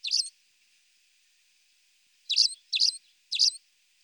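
Spanish sparrow giving one short chirp, a pause, then three quick sharp chirps in a row, with a faint hiss behind.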